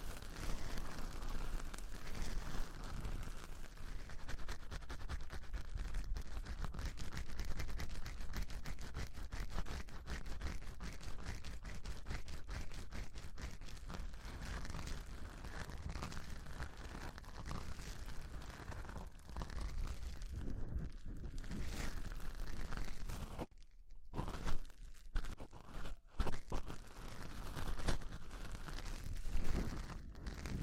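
A microphone is grabbed slowly, producing dense, rough rustling and crackling with a heavy low rumble that runs almost without pause. The scraping stays steady for most of the clip, then breaks into short silences around 23 and 26 seconds before resuming.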